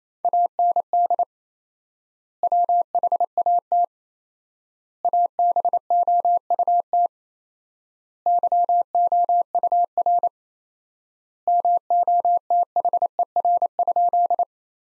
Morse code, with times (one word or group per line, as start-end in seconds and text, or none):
0.2-1.2 AND
2.4-3.8 WHAT
5.0-7.1 ABOUT
8.3-10.3 YOUR
11.5-14.4 MOTHER?